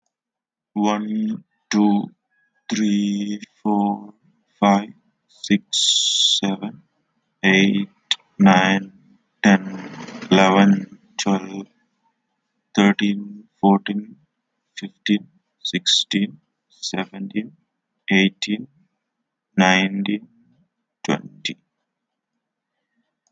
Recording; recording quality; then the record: counting at a normal pace; excellent, no background noise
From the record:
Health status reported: healthy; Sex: male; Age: 25 years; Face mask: not worn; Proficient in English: yes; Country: India